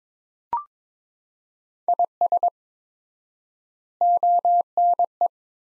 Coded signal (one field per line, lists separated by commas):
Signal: Morse code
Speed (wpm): 22 wpm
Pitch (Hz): 700 Hz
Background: none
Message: IS ONE